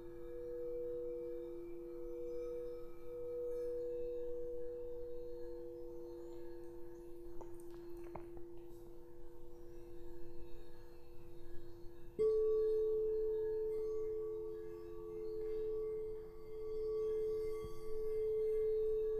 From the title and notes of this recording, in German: Lausche den zauberhaften Klängen der Kristallklangschalen. Zauberhafte Kristallklangschalen.